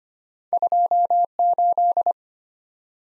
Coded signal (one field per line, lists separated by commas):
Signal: Morse code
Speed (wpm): 25 wpm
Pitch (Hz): 700 Hz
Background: none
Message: 28